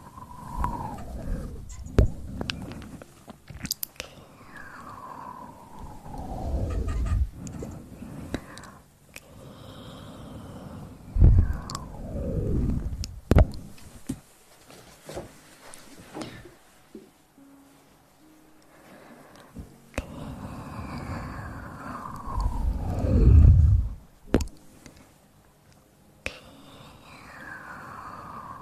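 Mouth sounds made close to the mouth: wet clicks, smacks and chewing-like noises, with several sliding tones that fall in pitch. Heavier, louder bursts come around 6, 11 and 23 seconds, with quieter, sparser stretches between them.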